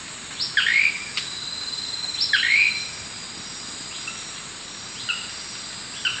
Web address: S America Eastern Lowlands Lepidothrix coronata, song